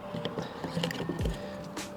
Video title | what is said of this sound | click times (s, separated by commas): 2021 Ford Ranger Powerbass Speaker upgrade - Car Audio & Security | get it in place, and just a click in place. | 0.8 s